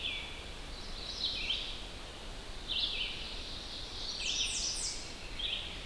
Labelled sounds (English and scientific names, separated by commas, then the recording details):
Red-eyed Vireo (Vireo olivaceus) song
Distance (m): 60 m
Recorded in boreal forest in Alberta, Canada, on 10 June 2016 at 07:52
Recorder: SongMeter 3, array SBT-3-39
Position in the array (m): 198 m, 115 m